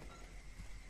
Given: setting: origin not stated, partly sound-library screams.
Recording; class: one-second piece from a danger detection set; normal situation